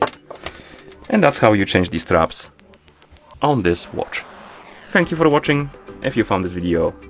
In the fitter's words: align, release the button, and it should click in and it will hold.